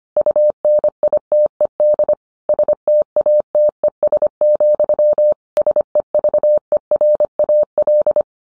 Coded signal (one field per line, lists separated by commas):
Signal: Morse code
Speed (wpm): 25 wpm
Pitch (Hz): 600 Hz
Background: none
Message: UNITED STATES, SEVERAL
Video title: 20211212 Getting Amateur Radio propagation data at home